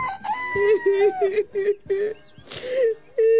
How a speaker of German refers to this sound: Hör auf zu weinen, Mami.